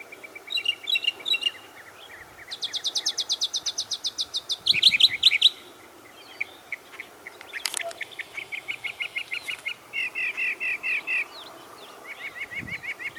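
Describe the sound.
Bird song: several high trills and rapid chirp runs, against faint background noise.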